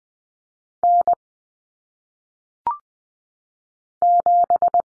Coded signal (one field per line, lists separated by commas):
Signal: Morse code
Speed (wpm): 20 wpm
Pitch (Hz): 700 Hz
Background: none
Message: N 7